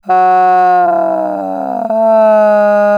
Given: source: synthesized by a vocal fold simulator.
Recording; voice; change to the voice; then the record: sustained vowel; female; asymmetry, level 25 of 51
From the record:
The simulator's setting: 3.40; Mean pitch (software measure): 190 Hz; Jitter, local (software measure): 0.89%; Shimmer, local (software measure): 3.1%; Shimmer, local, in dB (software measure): 0.50 dB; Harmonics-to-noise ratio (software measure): 24.3 dB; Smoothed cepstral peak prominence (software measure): 15.5 dB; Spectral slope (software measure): -24.0 dB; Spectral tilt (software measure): -12.3 dB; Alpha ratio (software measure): -14.4 dB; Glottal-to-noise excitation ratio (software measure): 0.957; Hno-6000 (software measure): 2.6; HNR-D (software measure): 31.8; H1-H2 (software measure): -0.3 dB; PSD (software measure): 2.0e-03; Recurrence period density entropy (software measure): 0.116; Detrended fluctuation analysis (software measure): 0.0264